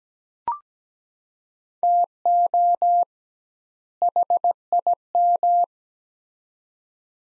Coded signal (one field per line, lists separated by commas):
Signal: Morse code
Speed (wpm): 17 wpm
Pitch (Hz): 700 Hz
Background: none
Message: TO HIM